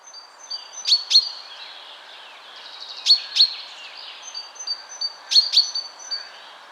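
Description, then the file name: Common chaffinch giving sharp, bright call notes in quick pairs, repeated about every two seconds, with thin high whistles running underneath. "Fringilla coelebs"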